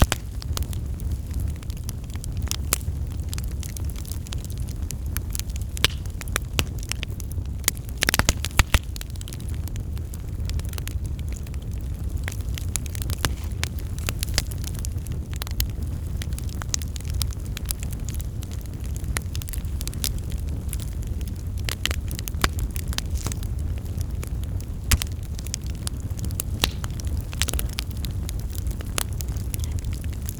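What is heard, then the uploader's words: A fire crackles steadily for the whole stretch, with sharp pops and snaps scattered irregularly throughout, some bursts clustered around the eighth second. Beneath the crackle runs a constant low, deep rumble of the burning, close and even in loudness. Crackling Warmth.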